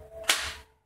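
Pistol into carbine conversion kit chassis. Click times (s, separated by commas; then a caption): 0.3 s. After a Taurus pistol fails to sit on the lower rail of a CAA RONI carbine conversion kit chassis, the kit is reopened and the pistol is pushed down firmly. A single sharp snap rings out at 0.3 s over a faint steady hum and fades within about half a second. The pistol is now seated and locked into the chassis.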